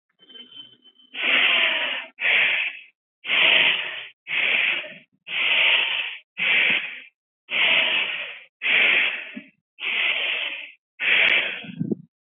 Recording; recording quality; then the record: shallow breathing; excellent, no background noise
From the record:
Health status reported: COVID-19 positive, no symptoms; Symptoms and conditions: sore throat, fatigue, muscle pain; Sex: female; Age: 24 years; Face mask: not worn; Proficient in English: yes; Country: India